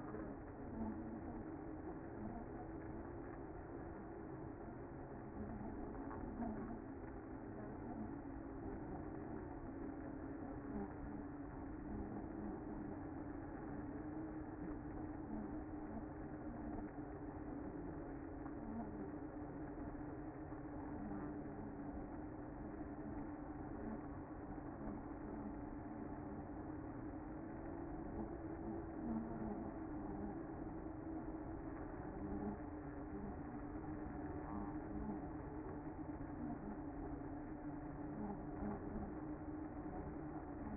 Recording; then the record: honeybee colony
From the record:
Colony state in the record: active